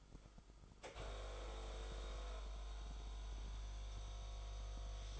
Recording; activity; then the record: daily activity, microphone in the room; make coffee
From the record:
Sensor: 5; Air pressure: 995.2 hPa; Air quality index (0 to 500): 98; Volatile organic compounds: 6 ppm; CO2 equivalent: 1852 ppm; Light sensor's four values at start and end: 33/81/33/35 and 32/77/31/33